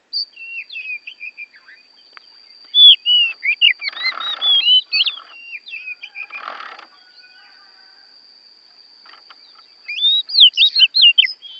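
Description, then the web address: Oriental magpie-robin song in bursts of sweet whistled notes, with rustling in the middle, a quiet stretch, then a loud final flourish, over a steady high whine. Borneo; recording made for training songbirds (masteran). "kacer borneo. masteran kacer"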